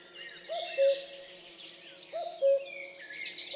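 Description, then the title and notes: Common Cuckoo song, two low falling cu-coo phrases about one and a half seconds apart, with faint higher birdsong in the background. Forest dawn chorus at Champs des Blas on 3 June 2020; recorded with a Nagra LB and MKH8020 microphone. "03 juin 2020-Champs des Blas - Nagra LB - mkh8020 Dans un nouveau chorus du matin le Coucou gris (Cuculus canorus) marque de son empreinte sonore la forêt."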